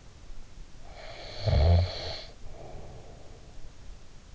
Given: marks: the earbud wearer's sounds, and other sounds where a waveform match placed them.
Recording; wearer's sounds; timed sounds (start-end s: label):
sounds in sleep by an in-ear microphone; snoring breath
0.36-3.64 s: snoring breath